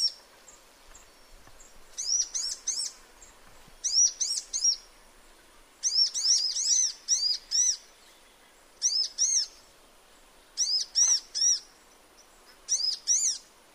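Sunbird calls: sharp high chirps in small groups, repeated every couple of seconds.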